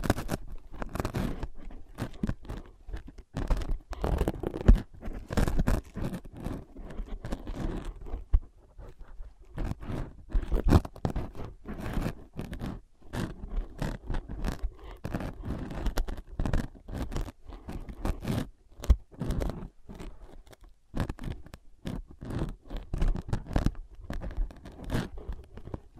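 Tapping, scratching and tracing on ear pads, a dense, irregular run of soft scrapes and brisk taps with low thumps, continuing throughout.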